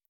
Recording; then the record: hydrophone in a shrimp aquaculture tank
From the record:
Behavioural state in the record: feeding